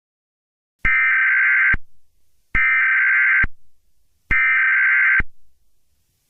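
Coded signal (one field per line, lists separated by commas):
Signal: Emergency Alert System (SAME) tones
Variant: header bursts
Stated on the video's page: Fictional analog horror EAS scenario, not a real emergency broadcast.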